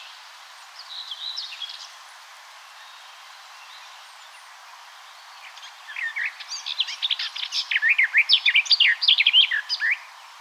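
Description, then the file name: Eurasian blackcap: a faint short warble, then a loud, building run of rapid, sharply modulated notes lasting about four seconds. "Sylvia atricapilla"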